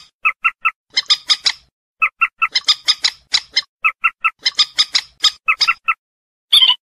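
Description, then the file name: Purple swamphen cackling: clipped nasal notes in threes alternating with harsher rasping bursts, finishing with a loud strident squawk. "Tieng trich re keu"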